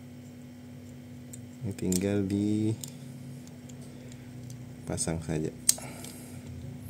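The plastic top cover of a 2016 Toyota Yaris standard remote key fob is handled and pressed toward the fob casing after its coin battery was replaced. Someone talks around faint handling ticks and small taps, but nothing has seated or clicked yet.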